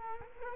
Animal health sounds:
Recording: mosquito wingbeat signal from an infrared sensor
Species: Culex quinquefasciatus

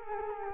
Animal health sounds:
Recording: mosquito wingbeat signal from an infrared sensor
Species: Culex quinquefasciatus

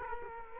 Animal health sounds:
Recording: mosquito wingbeat signal from an infrared sensor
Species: Culex quinquefasciatus

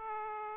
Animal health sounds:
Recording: mosquito wingbeat signal from an infrared sensor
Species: Aedes aegypti

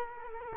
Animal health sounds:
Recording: mosquito wingbeat signal from an infrared sensor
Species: Culex quinquefasciatus

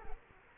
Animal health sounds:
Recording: mosquito wingbeat signal from an infrared sensor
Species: Culex quinquefasciatus

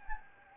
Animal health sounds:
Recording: mosquito wingbeat signal from an infrared sensor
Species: Anopheles gambiae

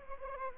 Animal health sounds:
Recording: mosquito wingbeat signal from an infrared sensor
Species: Anopheles arabiensis

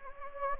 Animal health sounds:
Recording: mosquito wingbeat signal from an infrared sensor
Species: Anopheles gambiae

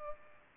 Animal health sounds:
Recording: mosquito wingbeat signal from an infrared sensor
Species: Culex pipiens

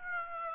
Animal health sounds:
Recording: mosquito wingbeat signal from an infrared sensor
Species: Aedes aegypti

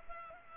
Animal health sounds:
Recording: mosquito wingbeat signal from an infrared sensor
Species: Culex pipiens

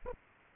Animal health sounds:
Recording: mosquito wingbeat signal from an infrared sensor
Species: Aedes aegypti

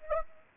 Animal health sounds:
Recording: mosquito wingbeat signal from an infrared sensor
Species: Anopheles gambiae

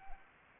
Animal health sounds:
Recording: mosquito wingbeat signal from an infrared sensor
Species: Anopheles arabiensis

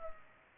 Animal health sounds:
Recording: mosquito wingbeat signal from an infrared sensor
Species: Culex pipiens

